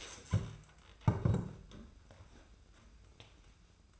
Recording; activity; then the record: daily activity, microphone in the room; stand up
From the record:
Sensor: 2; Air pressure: 990.3 hPa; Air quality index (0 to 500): 179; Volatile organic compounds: 1000 ppm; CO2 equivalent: 5681 ppm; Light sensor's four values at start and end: 30/70/29/29 and 32/72/30/30